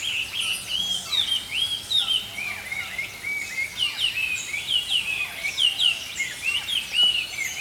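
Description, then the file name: Songbirds singing loudly, many bright chirps and rapid warbled phrases tumbling over one another without pause above a light hiss. Early morning. "Healing Power Natural Sounds Oasis - Early Morning Songbirds"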